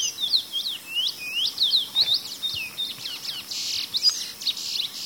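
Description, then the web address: Lesser seed-finch song, a fast tumbling string of high sweet slurred whistles and chirps, continuous throughout. Recorded in the eastern lowlands of South America. "Natures Songs S America Eastern Lowlands. Lesser Seed-Finch"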